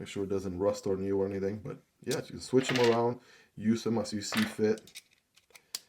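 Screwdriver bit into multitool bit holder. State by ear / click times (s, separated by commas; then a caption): seated / 5.8 s. Someone talks, then a steel screwdriver bit is swapped around and pushed into the bit holder of a Rocktol Gen-R multitool. A few faint ticks lead up to a sharp click at 5.8 s as the bit snaps into place, held by a ball detent.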